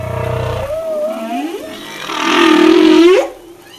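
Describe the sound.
Humpback whale song with low groans, sliding moans rising and falling, then a loud harmonic-rich cry ending in an upward sweep.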